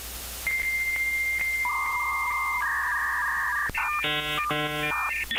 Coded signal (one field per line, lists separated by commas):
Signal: dial-up modem handshake